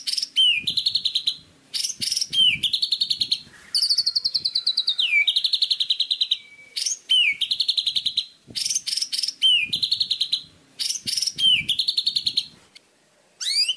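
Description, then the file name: White-rumped shama singing repeated phrases: a sweeping whistle followed by a fast, buzzy rattling trill, with one long descending whistled note midway and soft low thumps. Training recording of murai batu song intended for teaching captive songbirds, known as masteran. "suara masteran murai batu"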